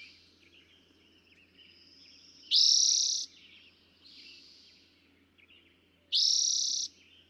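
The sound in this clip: Eastern towhee song, two strong trilled phrases about three and a half seconds apart, with faint notes between them.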